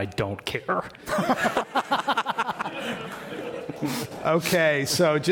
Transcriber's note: laughter